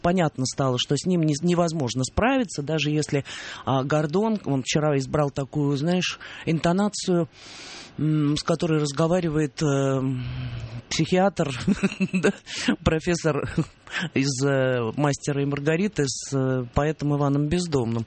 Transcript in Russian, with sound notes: Понятно стало, что с ним невозможно справиться, даже если Гордон – он вчера избрал такую, знаешь, интонацию, с которой разговаривает (смеется) профессор из «Мастера и Маргариты» с поэтом Иваном Бездомным.